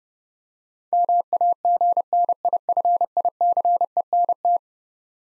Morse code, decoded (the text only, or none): MAGNIFICENT